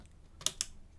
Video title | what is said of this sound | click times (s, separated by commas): How to upgrade the RAM memory and SSD hard drive in an Intel NUC, in the case the NUC6CAYS | line it up with the top slot again just push it down a bit and see you hear it click there | 0.5 s, 0.6 s